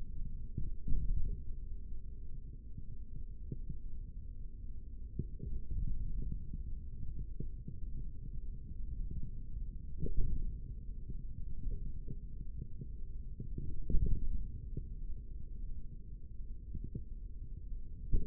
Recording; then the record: forearm muscle sounds (acoustic myography)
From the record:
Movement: index flexion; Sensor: system 3, bracelet of six PUI Audio POM-2738L microphones around the upper forearm, with dedicated amplification and filtering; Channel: 5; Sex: male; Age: 56 years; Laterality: right